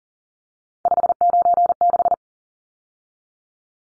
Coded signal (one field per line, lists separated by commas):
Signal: Morse code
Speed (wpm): 40 wpm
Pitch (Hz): 700 Hz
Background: none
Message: 596